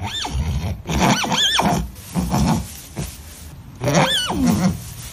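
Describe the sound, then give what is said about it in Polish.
A young horse (foal) whinnies several times in high, quavering calls that rise and fall in pitch, each lasting under a second, with short pauses between them and no talking. “Jak się młody konik nazywa?”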